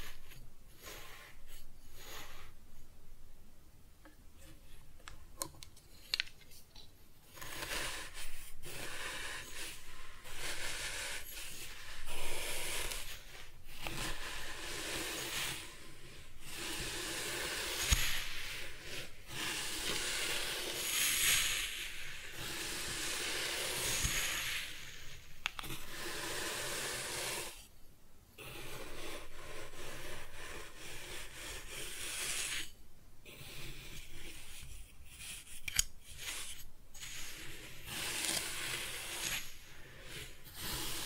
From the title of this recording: Kinetic Sand Cutting and Scooping Sounds